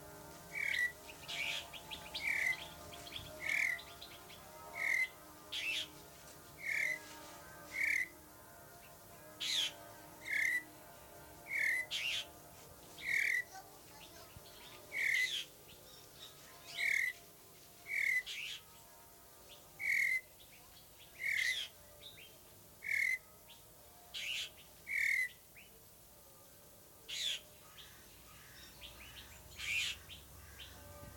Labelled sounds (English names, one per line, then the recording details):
Snowy-crowned Robin-Chat call
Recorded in captivity
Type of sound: call
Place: Zoo Berlin, Berlin, DE
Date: 2003-09-18 17:55
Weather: sunny, 23°C
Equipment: Fair Mate ST-1328 (Asahi Electronics, Japan), Sennheiser ME 80, Kopie Uher 4000 Report Monitor
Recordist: Tembrock, Günter
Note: Weisscheitelrötel angegeben als Hylocichlea niveicapilla: Lautfolge (Entfernung ca. 50 cm). Starkes Grundrauschen